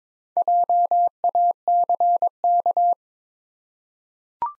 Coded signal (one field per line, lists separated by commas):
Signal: Morse code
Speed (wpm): 22 wpm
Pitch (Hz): 700 Hz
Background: none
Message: JACK